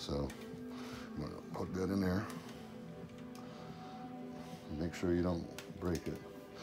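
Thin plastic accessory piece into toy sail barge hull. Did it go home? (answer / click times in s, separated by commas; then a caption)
no / none. A thin, bent plastic accessory piece is being lined up to plug into the hull of a Star Wars The Vintage Collection Jabba's Sail Barge (the Khetanna, HasLab) toy, with its bent end facing down. Someone talks while music plays in the background. Nothing has seated or clicked into place yet.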